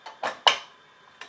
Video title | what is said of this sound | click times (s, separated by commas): How to Install and Remove Your GPU Safely! | then try to snap it, or hear it snap into place, as you heard there. | 0.5 s